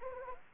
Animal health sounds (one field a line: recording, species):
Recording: mosquito wingbeat signal from an infrared sensor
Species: Anopheles gambiae